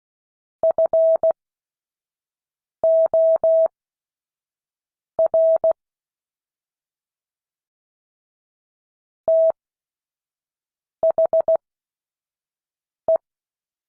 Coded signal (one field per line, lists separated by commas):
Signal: Morse code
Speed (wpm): 16 wpm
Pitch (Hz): 650 Hz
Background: none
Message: FOR THE